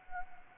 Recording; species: mosquito wingbeat signal from an infrared sensor; Anopheles gambiae